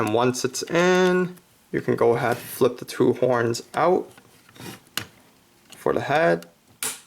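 Someone talks while working the plastic head piece on a combining robot toy, a Power Rangers Legacy Megazord Limited Black and Gold Edition, flipping out the two horns and moving the head into position. Short sharp plastic snaps come at about 5.0 s and 5.7 s. The head clicks into its locked position with a crisp click at 6.8 s.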